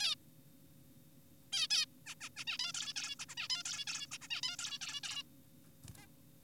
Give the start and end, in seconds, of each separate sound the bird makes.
0.00-0.15, 1.53-1.68, 1.70-1.86, 2.06-2.15, 2.21-2.29, 2.37-2.44, 2.47-2.58, 2.59-2.72, 2.74-2.93, 2.96-3.16, 3.20-3.26, 3.29-3.35, 3.38-3.48, 3.50-3.63, 3.66-3.85, 3.87-4.07, 4.12-4.18, 4.22-4.28, 4.31-4.41, 4.43-4.56, 4.59-4.78, 4.81-5.00, 5.04-5.23, 5.98-6.06